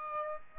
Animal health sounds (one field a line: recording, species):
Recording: mosquito wingbeat signal from an infrared sensor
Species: Aedes aegypti